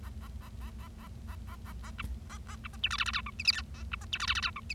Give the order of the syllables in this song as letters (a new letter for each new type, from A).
A A A A A A A A A A B A A B C D E F F G H I J K A B C D E F F G H I